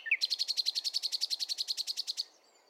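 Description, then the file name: Common nightingale song: one short upslurred note, then a rapid, even trill of about twenty buzzy notes over two seconds, ending abruptly into quiet. "Luscinia megarhynchos"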